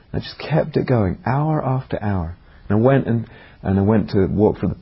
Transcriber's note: none